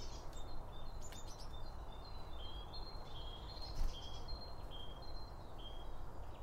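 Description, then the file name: Birds giving thin high chirps and short whistles, spaced irregularly, over continuous low background rumble. Several birds around a bird feeder, recorded with two Line Audio OM1 microphones. "Birds Around Birdfeeding With Two Om 1 From Line Audio"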